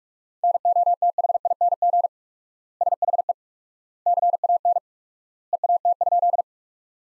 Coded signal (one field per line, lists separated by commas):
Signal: Morse code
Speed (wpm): 46 wpm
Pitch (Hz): 700 Hz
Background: none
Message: NOTHING SHE CAN EAT?